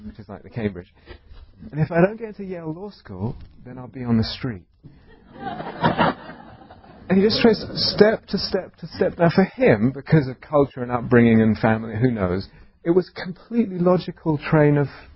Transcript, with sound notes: which is like the Cambridge. "And if I don't get into Yale Law School, then I'll be on the street." [laughter] He just traced it step to step to step. Now, for him, because of culture and upbringing and family, who knows, it was a completely logical train of...